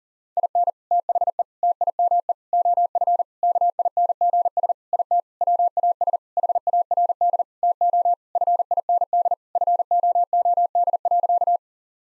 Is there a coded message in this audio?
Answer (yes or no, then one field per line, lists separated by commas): yes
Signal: Morse code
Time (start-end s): 0.4-11.6 s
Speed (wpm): 40 wpm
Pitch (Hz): 700 Hz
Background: none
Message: IN THE TIME OF KINGS IT WAS HARD TO FIND FOOD.